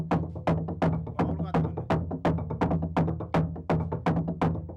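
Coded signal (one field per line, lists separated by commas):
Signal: drum signal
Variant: garamut slit drums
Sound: fast, steady hollow wooden drum strokes, about fourteen in five seconds, with a low booming resonance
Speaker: En el poblado de Timbumeri, al sur del lago Chambri, suenan los tam-tam garamut para anunciar la ceremonia de iniciación de los hombres cocodrilo.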